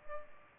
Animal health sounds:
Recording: mosquito wingbeat signal from an infrared sensor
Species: Culex pipiens

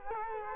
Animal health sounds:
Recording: mosquito wingbeat signal from an infrared sensor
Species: Culex quinquefasciatus

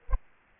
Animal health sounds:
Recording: mosquito wingbeat signal from an infrared sensor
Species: Aedes aegypti

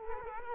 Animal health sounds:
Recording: mosquito wingbeat signal from an infrared sensor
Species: Culex quinquefasciatus

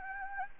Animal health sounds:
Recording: mosquito wingbeat signal from an infrared sensor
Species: Anopheles gambiae

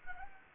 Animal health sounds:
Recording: mosquito wingbeat signal from an infrared sensor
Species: Anopheles arabiensis

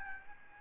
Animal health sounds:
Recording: mosquito wingbeat signal from an infrared sensor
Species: Aedes albopictus

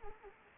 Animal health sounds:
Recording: mosquito wingbeat signal from an infrared sensor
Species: Anopheles arabiensis

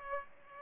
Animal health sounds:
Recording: mosquito wingbeat signal from an infrared sensor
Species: Aedes aegypti

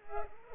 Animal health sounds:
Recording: mosquito wingbeat signal from an infrared sensor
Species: Culex pipiens

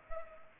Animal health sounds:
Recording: mosquito wingbeat signal from an infrared sensor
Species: Culex pipiens

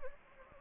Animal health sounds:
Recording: mosquito wingbeat signal from an infrared sensor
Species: Anopheles gambiae

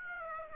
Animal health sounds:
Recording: mosquito wingbeat signal from an infrared sensor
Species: Aedes aegypti

